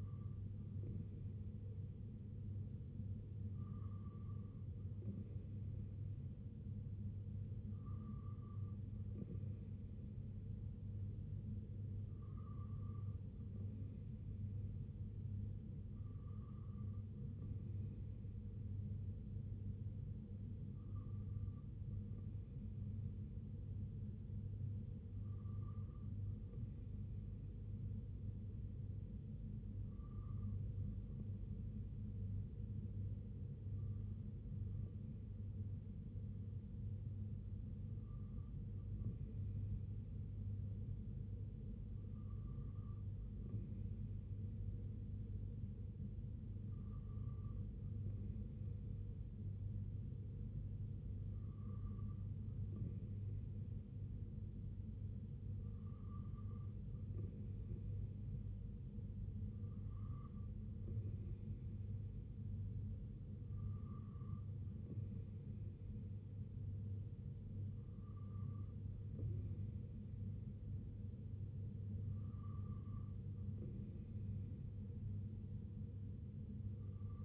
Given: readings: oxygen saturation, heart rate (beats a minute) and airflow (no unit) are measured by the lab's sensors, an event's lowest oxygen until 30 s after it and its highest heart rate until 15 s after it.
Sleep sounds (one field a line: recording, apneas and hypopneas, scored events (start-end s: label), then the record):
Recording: breathing in sleep by a smartphone at the bedside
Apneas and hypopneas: none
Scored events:
none scored
From the record:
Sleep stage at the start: N2 (light sleep)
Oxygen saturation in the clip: 92 to 94%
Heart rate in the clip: 66 to 72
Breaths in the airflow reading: 18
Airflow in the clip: -3.4 to 2.2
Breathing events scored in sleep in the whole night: 258 in 7.4 hours asleep